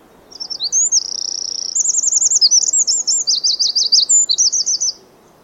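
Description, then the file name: Eurasian wren singing a fast, piercing song, a brief stuttered start, then a sustained high tone followed by several rattling trills and quick looping notes. "Troglodytes troglodytes"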